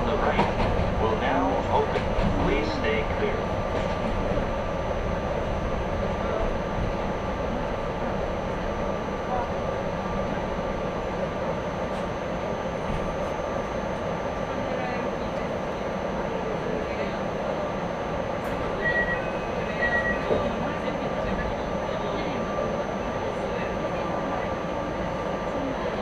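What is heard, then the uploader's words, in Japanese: A Yokkaichi Asunarou Railway train runs steadily, its dense low rumble holding an even level throughout, with a thin constant whine above it. A few short high beeps sound around the nineteen- and twenty-second marks, and faint voices mix into the noise. 四日市あすなろう鉄道 内部→日永→西日野→日永。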